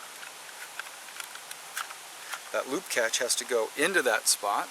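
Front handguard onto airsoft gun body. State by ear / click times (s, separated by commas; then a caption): not seated / none. The plastic front handguard of a Well P5 airsoft AEG gun is slid onto the gun body and lined up so its loop catch meets its slot, giving faint, light plastic ticks at about 0.8, 1.2 and 1.5 s before someone talks. Nothing has seated or clicked yet.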